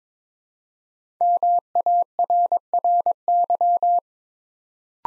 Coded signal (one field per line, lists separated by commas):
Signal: Morse code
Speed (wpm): 21 wpm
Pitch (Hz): 700 Hz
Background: none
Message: MARRY